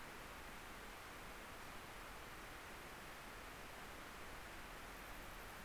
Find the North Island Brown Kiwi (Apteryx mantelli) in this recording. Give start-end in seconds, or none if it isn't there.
none